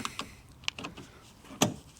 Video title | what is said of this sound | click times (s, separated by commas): VAG - VW Golf MK4, Passat, Bora, others - Set outer handle 'tension' | we go hear it click always | 0.7 s, 1.6 s